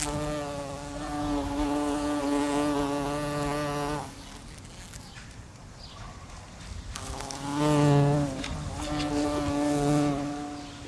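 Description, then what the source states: House fly buzzing, a steady droning hum for about four seconds, a quieter gap of about three seconds, then the buzz returns, briefly louder at first. Close buzzing.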